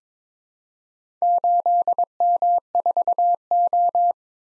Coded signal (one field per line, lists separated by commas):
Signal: Morse code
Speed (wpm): 22 wpm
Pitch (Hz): 700 Hz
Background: none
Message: 8M4O